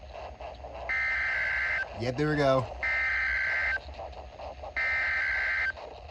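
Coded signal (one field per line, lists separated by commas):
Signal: Emergency Alert System (SAME) tones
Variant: header bursts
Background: speech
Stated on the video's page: Required Weekly Tests received on four NOAA weather radio stations.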